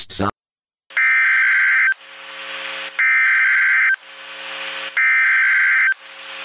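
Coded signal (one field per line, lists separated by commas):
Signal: Emergency Alert System (SAME) tones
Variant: header bursts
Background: speech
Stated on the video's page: Mock EAS scenario for a Mount Rainier eruption, not a real alert.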